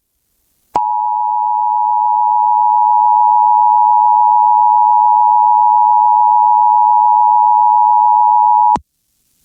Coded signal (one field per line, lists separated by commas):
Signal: Emergency Alert System (SAME) tones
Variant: 853 and 960 Hz attention tone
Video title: Tallahassee SVR EAS #316